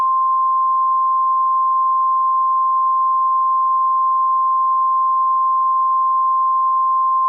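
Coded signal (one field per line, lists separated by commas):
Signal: Emergency Alert System (SAME) tones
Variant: 1050 Hz attention tone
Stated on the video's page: Fictional EAS scenario, made for entertainment, of a subway sarin attack.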